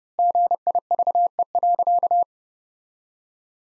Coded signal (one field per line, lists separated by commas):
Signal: Morse code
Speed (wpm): 30 wpm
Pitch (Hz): 700 Hz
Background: none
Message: GIVE.